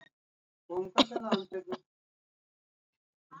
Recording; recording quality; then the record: shallow voluntary cough; moderate, slight background noise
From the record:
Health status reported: healthy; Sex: female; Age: 26 years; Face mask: not worn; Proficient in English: yes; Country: India